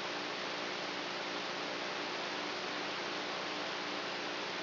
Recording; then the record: brain microelectrode recording played as sound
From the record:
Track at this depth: outside the subthalamic nucleus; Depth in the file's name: 0.806 mm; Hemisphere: right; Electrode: 3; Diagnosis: Parkinson's disease